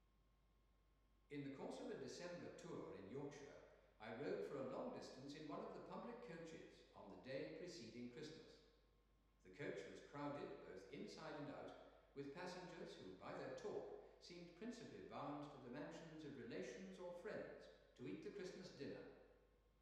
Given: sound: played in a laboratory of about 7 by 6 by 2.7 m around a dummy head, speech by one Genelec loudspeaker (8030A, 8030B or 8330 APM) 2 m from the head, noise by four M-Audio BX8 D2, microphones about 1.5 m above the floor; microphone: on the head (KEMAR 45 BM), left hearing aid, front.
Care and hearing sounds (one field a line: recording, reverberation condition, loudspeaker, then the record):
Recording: male speech in English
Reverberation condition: high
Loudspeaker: in front (0 degrees)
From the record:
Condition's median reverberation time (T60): about 1300 ms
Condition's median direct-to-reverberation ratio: about -4.0 dB